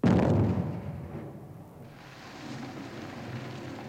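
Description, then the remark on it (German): A single black powder charge in a blast hole in a mine, lit by a burning fuse, goes off with a sudden loud boom, then settles into a deep, rumbling roar that slowly fades and lingers for several seconds. “Es dauerte eine Weile, bis die Glut an der Zündschnur das Schwarzpulver in dem Sprengloch erreicht hatte.”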